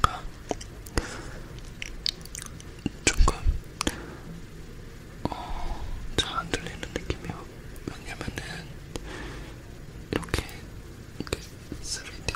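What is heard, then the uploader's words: Ear massage and cupping: dense, irregular crackles and soft rubbing, with sharper taps clustered around three and six seconds. 3dio microphone test.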